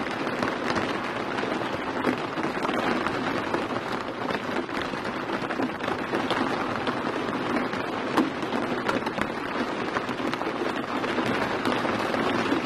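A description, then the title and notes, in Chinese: Rain heard from inside a car, drumming steadily on the roof and windows with no indicator ticking. The patter is dense and even throughout, with scattered sharper drops standing out, over a soft low rumble of the enclosed cabin. 下雨天 - 车里无转向灯。这次更新一条无灯跳的雨声。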